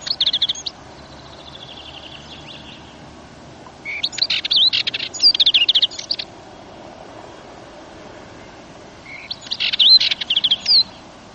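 Dartford warbler with three separate short scratchy bursts spaced several seconds apart, each a fast jumble of dry chatter and thin whistles, faint hiss between.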